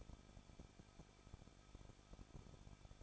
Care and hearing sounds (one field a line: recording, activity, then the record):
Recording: daily activity, microphone in the room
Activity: no activity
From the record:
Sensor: 5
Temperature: 20.9 degrees Celsius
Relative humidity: 38.2%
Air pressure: 1006.4 hPa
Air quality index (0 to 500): 189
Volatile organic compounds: 19 ppm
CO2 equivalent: 2663 ppm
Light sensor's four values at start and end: 2/3/1/1 and 2/3/1/1